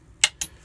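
The steel hammer of a Trapdoor Springfield Model 1888 rifle is drawn back to half cock, giving two sharp clicks at 0.2 s and 0.4 s as the sear passes into the notches of the lock. The hammer is seated in the half-cock notch, so once loaded and closed the rifle is not yet ready to fire.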